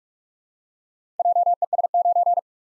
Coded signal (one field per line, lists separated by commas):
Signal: Morse code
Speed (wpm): 44 wpm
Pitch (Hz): 700 Hz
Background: none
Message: JES9